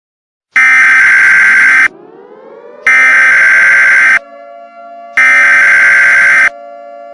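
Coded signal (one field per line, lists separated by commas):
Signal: Emergency Alert System (SAME) tones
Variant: header bursts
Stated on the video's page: Tones in a fictional story, described as possibly valid SAME tones.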